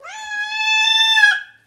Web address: il miagolio teso di un gatto